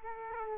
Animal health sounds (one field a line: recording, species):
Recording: mosquito wingbeat signal from an infrared sensor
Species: Aedes aegypti